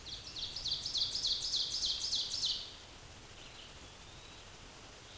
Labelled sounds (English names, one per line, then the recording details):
Ovenbird song
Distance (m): 25 m
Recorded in a Pennsylvania forest on 17 May 2023 at 13:38
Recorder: AudioMoth, point grid1_27_low
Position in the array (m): 143 m, 68 m